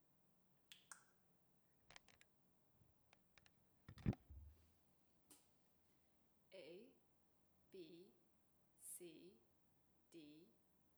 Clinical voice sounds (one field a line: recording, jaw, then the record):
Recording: letters of the alphabet, spoken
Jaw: free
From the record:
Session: seven days later